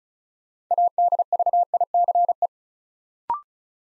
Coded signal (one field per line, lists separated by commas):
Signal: Morse code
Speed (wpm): 33 wpm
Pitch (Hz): 700 Hz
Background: none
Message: ADVICE